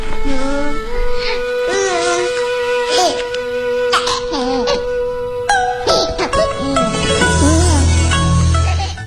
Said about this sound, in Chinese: 好，相信大家通过这个配乐呢，也感到了这部动画短片真的是有浓郁的中国风。